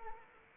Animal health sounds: mosquito wingbeat signal from an infrared sensor; Anopheles arabiensis

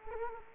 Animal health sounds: mosquito wingbeat signal from an infrared sensor; Anopheles gambiae

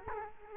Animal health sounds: mosquito wingbeat signal from an infrared sensor; Culex quinquefasciatus

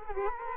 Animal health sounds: mosquito wingbeat signal from an infrared sensor; Culex quinquefasciatus

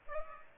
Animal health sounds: mosquito wingbeat signal from an infrared sensor; Aedes aegypti

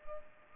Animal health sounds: mosquito wingbeat signal from an infrared sensor; Culex pipiens

